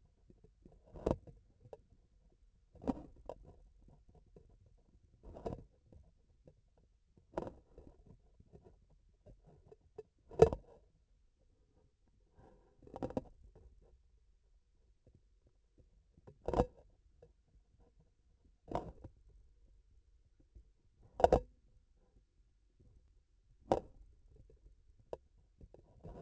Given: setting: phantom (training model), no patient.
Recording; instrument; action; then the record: laparoscopic instrument, vibration sensor on the handle end; grasping forceps; opening and closing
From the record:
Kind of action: tool actuation without material contact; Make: Olympus